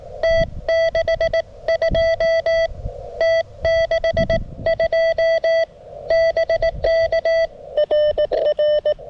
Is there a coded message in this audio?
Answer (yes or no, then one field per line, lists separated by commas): yes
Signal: Morse code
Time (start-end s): 0.2-8.9 s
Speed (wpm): 19 wpm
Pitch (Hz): 630 Hz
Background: none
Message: T62 T62 BK RR